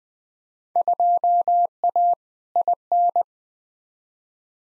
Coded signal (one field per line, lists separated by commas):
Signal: Morse code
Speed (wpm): 20 wpm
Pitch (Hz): 700 Hz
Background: none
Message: 2A IN